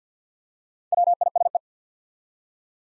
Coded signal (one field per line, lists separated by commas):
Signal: Morse code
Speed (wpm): 50 wpm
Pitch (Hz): 700 Hz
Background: none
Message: WISE